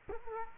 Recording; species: mosquito wingbeat signal from an infrared sensor; Culex quinquefasciatus